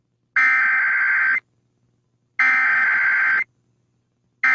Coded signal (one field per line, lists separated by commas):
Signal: Emergency Alert System (SAME) tones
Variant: header bursts